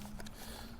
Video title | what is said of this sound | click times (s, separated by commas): Stihl vs Ego Commercial Pole Hedger Conversation | So that slides in the top there and just clicks into place. | 0.2 s, 0.3 s